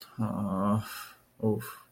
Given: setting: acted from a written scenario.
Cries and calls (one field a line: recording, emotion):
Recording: vocal sound without words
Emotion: shame